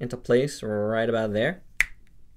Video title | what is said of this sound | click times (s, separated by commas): REBOR VANILLA ICE JUNGLE & MOUNTAIN TYRANNOSAURUS V-REX REVIEW! | it has a really nice sounding snap when | 1.8 s